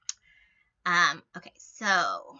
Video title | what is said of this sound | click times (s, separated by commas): Brother ScanNCut Unboxing and first cuts | shows a little gray knob goes down after it clicks | 0.1 s